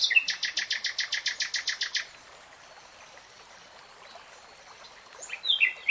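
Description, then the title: Nightingale in song: a rapid, evenly repeated bright chipping phrase for two seconds, a quiet gap, then another phrase begins. Real-time recording, not slowed. "[Tiếng chim hót] 3 Hours REALTIME Nightingale Singing"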